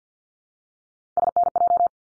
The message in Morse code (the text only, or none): SNJ